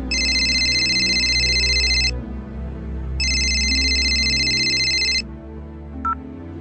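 A cell phone rings with an incoming call at about 10 at night, in two long electronic bursts, each about two seconds of bright, buzzing high-pitched tones, separated by a short pause, over a low steady hum, with a faint click at the end.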